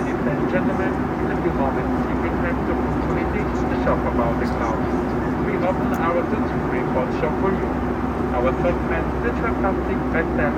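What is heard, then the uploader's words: Inside a Boeing 757 cabin, a steady low engine drone holds at even loudness throughout. Over it, murmured passenger voices and chatter come and go continuously, with occasional brief brighter clicks and clinks scattered across the eleven seconds. FULL FLIGHT - Boeing 757 Frankfurt to Palma (Condor) - WHITE NOISE. Full flights with all of it's sounds including passenger announcements, service and of course the engines.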